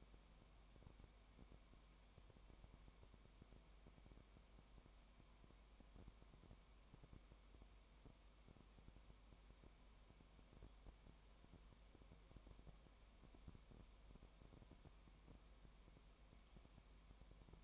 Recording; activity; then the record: daily activity, microphone in the room; no activity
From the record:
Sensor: 1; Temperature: 19.0 degrees Celsius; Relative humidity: 34.1%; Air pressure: 1001.3 hPa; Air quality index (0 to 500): 82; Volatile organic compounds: 1 ppm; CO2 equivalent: 824 ppm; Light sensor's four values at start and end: 1/2/1/1 and 1/2/1/1